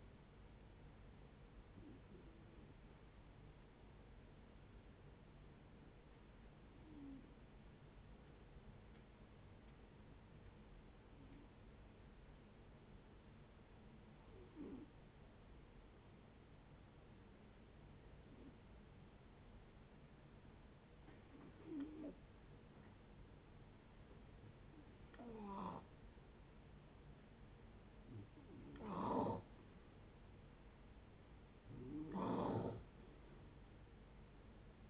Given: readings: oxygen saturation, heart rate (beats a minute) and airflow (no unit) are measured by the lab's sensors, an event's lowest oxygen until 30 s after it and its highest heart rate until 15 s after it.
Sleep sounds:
breathing in sleep by a voice recorder at the bedside; 1
6.00-25.10 s: hypopnea (N2, oxygen 95% highest, then 87% lowest, heart rate 65 at the start, 73 highest)
25.00-34.90 s: new sleep stage, N1 (lightest sleep)
From the record:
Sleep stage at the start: N2 (light sleep); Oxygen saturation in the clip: 88 to 95%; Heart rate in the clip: 58 to 71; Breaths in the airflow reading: 9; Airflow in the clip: -6.6 to 3.8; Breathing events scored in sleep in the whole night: 496 in 5.4 hours asleep

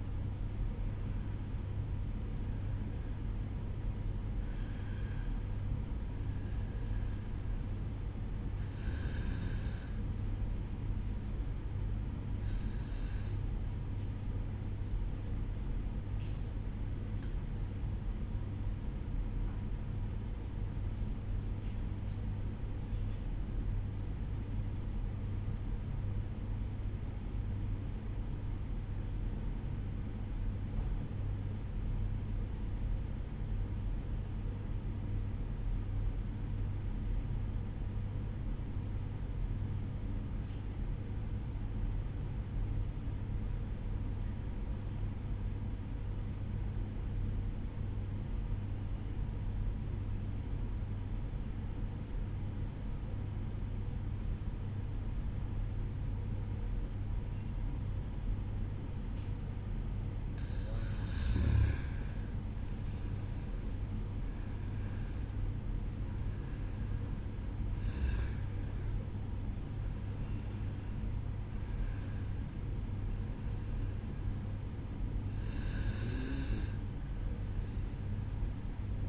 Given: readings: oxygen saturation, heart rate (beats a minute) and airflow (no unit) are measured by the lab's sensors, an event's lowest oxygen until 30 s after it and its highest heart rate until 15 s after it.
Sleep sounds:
breathing in sleep by a smartphone at the bedside; 1
13.00-61.30 s: obstructive apnea (N1, oxygen 96% highest, then 91% lowest, heart rate 53 at the start, 60 highest)
From the record:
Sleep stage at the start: N1 (lightest sleep); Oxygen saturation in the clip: 91 to 96%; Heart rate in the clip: 53 to 62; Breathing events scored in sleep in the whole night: 305 in 9.6 hours asleep

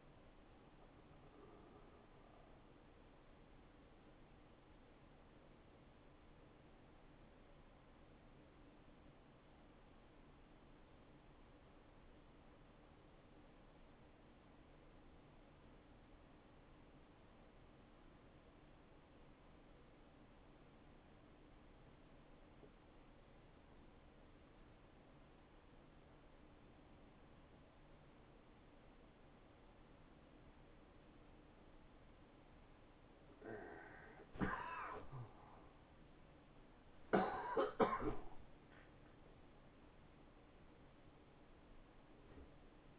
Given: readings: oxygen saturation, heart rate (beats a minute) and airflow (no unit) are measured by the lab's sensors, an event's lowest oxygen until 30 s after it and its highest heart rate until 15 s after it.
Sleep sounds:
breathing in sleep by a voice recorder at the bedside; 1
0.00-34.00 s: awake
3.00-35.70 s: obstructive apnea (scored as awake, oxygen 96% highest, then 95% lowest, heart rate 71 at the start, 94 highest)
12.00-42.99 s: new sleep stage, N1 (lightest sleep)
From the record:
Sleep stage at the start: awake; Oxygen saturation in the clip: 89 to 96%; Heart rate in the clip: 71 to 84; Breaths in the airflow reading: 4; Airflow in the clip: -3.1 to 2.8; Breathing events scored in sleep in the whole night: 263 in 5.5 hours asleep

